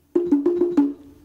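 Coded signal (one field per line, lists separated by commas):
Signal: talking drum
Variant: two-tone Congo slit drum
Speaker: I'll read out first of all five phrases attention the talking drum goes down river to the Village to the Village of yakuzo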